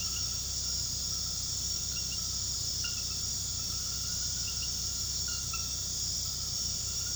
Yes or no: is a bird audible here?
no